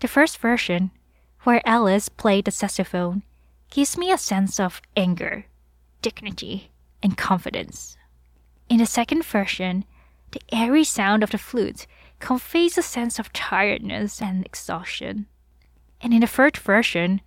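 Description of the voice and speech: One adult woman speaks in clear, fluent phrases at an even pace, with brief natural pauses between them. Her voice is clear, with no repeats, blocks or slurring. This is ordinary speech in a quiet room.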